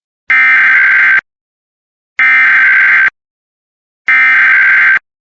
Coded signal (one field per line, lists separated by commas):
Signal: Emergency Alert System (SAME) tones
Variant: header bursts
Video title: Minnesota amber alert EAS #17￼